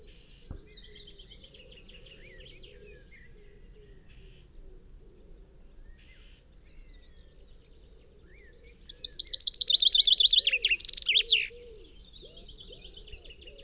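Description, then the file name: Common chaffinch song bursts out late, a brisk trill ending in a flourish, after faint bird chatter. "Fringilla coelebs"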